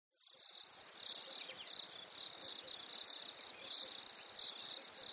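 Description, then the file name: Crickets chirp in a high, fairly quiet pulsing chorus, the trills swelling and fading irregularly over a soft background hiss. Nature ambience at a lake in winter. "smartsound. Fresh Winter Lake Crickets Birds"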